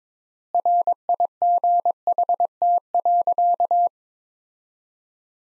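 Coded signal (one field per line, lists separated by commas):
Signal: Morse code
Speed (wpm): 22 wpm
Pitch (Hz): 700 Hz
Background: none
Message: RIGHT.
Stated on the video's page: Morse sentences from the top 500 words at 22 wpm with 3x word spacing, a Farnsworth-like copying drill.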